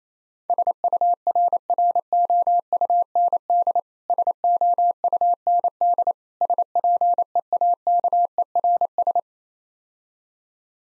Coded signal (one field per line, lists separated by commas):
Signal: Morse code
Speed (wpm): 28 wpm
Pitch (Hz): 700 Hz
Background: none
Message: SURROUND SOUND SPEAKERS